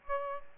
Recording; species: mosquito wingbeat signal from an infrared sensor; Aedes aegypti